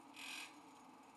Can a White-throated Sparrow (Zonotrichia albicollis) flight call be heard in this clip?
no